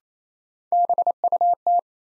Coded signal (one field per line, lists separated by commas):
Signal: Morse code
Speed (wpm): 28 wpm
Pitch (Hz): 700 Hz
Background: none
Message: BUT